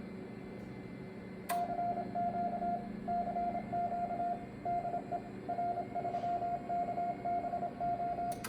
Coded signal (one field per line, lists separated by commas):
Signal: Morse code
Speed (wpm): 27 wpm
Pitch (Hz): 700 Hz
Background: radio noise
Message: CQ CQ DE R3KBO